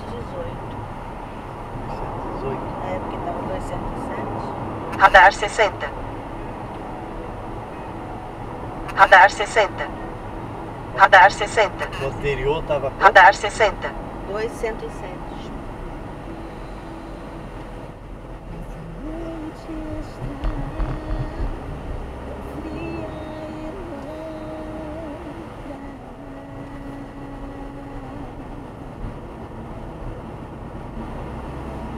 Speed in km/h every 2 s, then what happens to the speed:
82, 83, 81, 80, 78, 74, 62, 51, 46, 48, 53, 50, 48, 49, 50, 51.
0-16 slows to 46. 16-20 speeds up to 53. 20-32 steady at about 50.